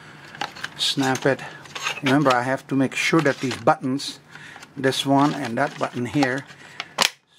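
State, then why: Seated. Plastic buttons on a Braun shaver cleaning station are lined up as its housing is pressed back together during a repair, while someone talks. Sharp clicks at 6.8 s and 7.1 s mark the buttons snapping into their openings, seating the housing.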